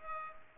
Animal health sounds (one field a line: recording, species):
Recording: mosquito wingbeat signal from an infrared sensor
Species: Culex pipiens